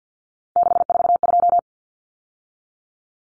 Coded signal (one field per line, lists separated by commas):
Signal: Morse code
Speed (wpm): 50 wpm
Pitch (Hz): 700 Hz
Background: none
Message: 642